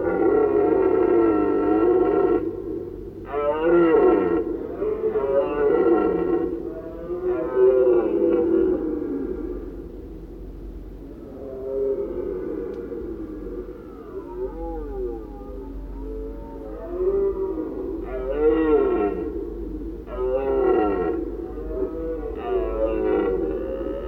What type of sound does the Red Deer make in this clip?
call